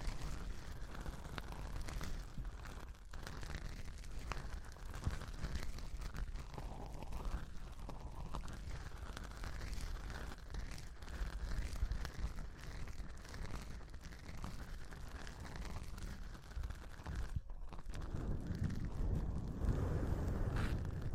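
A microphone is slowly grabbed and handled, producing a dense, continuous rumbling scrape heavy in the lows. The rubbing shifts unevenly throughout, with brief drops near three and seventeen seconds and a deeper, louder rumble building over the final few seconds.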